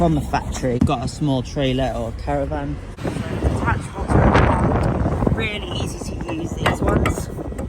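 A detachable tow bar is handled at its receiver under the rear of a 2021 Toyota C-HR Excel 1.8 VVT-h CVT 5-door while someone talks, with a broad rushing noise building from about 4 s and sharp knocks near 5.2 s and 7.5 s. Nothing has seated or clicked yet; the clip ends just before the tow bar locks home.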